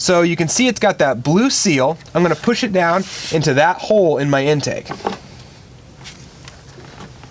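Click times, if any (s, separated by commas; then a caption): 6.5 s. Someone talks, then a new EVAP purge solenoid with a blue rubber seal is pushed down into its hole in the plastic engine intake on a 2014 Ford Explorer, replaced for code P1450. A short, sharp click at 6.5 s marks the solenoid bottoming out and seating in the intake port.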